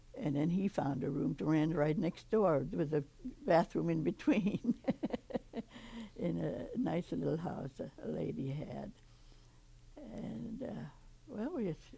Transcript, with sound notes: And then he found a room to rent right next door with a bathroom in between [laughs] in a nice little house a lady had. And, well, we